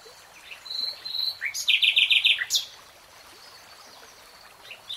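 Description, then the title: Nightingale song: a few thin high whistles, then a quick burst of five loud, sharp repeated notes ending in a rising flourish, followed by quiet. Singing, in a 3-hour real-time recording. "[Tiếng chim hót] REALTIME Nightingale Singing"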